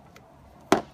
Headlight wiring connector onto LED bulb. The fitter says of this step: Honda Civics are all the same as the Camry, so just plug it in and let it click.